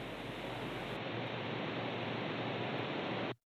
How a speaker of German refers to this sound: Und das Rascheln der Blätter im kalten Herbstwind.